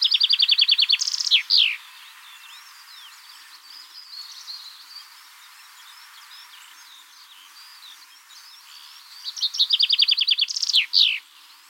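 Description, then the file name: Common chaffinch song: a rapid run of bright notes ending in a flourish, given twice about nine seconds apart, with faint high chirps from other birds between. "Fringilla coelebs"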